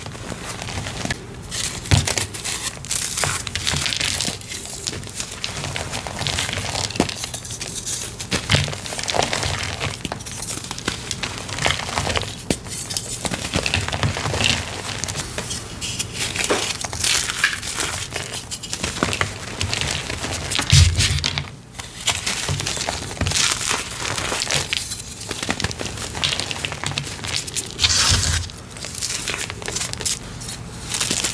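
Gym chalk is crushed and crumbled, giving dense, crunchy crackling that runs almost without pause for the whole half minute. Bright crinkly grit sits over soft low thuds, with brief quieter gaps near 21 and 28 seconds.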